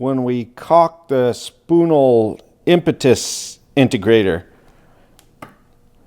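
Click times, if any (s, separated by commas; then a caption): 5.2 s, 5.4 s. Someone talks, then the spoon arm of a small catapult device is cocked back until the sear catches it. Two quick, sharp clicks at 5.2 s and 5.4 s mark the latch engaging, and the arm is held latched on the sear.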